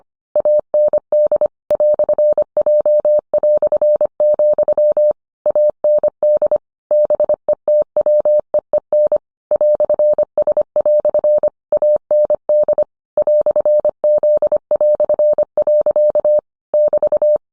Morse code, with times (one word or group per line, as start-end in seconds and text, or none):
0.4-1.5 AND
1.7-5.1 "J",
5.5-6.6 AND
6.9-9.2 BETWEEN
9.5-11.5 "S"
11.7-12.8 AND
13.2-16.4 "Z".
16.7-17.4 <BT>